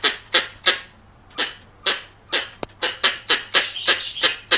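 Variable squirrel uttering sharp, raspy chucks: a quick few, then spaced ones, then a rapid run, with a faint whining note near the end.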